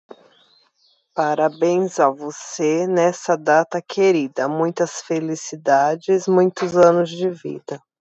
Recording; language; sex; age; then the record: short text; Brazilian Portuguese; female; 30 to 39 years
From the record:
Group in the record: control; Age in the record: 36 years